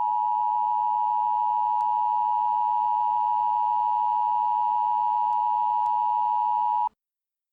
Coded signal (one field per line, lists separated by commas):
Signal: Emergency Alert System (SAME) tones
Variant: 853 and 960 Hz attention tone